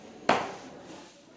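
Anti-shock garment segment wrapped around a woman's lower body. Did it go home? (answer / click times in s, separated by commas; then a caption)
yes / 0.3 s. The fabric of a fastened anti-shock garment segment wrapped around a woman's lower body is pulled up with a finger and released. It snaps back against the body with one sharp, broadband snap at 0.3 s that fades over about a third of a second. This shows the wrap is tight enough.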